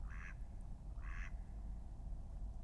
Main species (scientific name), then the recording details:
Anas platyrhynchos. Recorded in Germany. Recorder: ecoPi